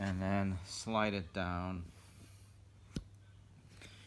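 A battery pack is slid down into the handle of a Hyperice Hypervolt percussion massage gun while someone talks. Brief contact knocks are heard at about 3.0 s and 3.2 s. The battery is not fully home and a gap remains, so nothing has clicked or latched yet.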